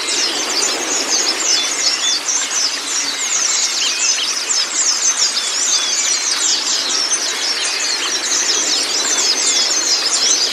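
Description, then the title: White-eye song: continuous high chatter of many quick chirps and thin slurred notes, overlapping in a steady shrill stream for the whole stretch. Training recording (masteran) of white-eye (pleci kacamata si putih) song, meant to get a silent (bisu) pleci singing constantly (gacor). "mster Mnuk. Terapi Pleci Bisu Menjadi Gacor Abis. Masteran Pleci Kacamata Si Putih"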